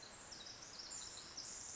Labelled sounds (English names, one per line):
Pacific Wren